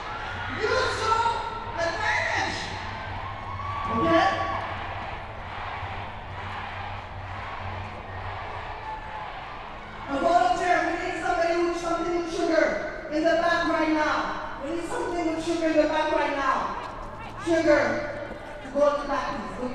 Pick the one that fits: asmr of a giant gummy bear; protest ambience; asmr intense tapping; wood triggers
protest ambience